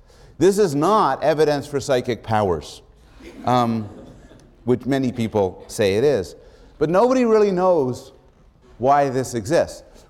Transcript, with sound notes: This is not evidence for psychic powers, [laughter] which many people say it is, but nobody really knows why this exists.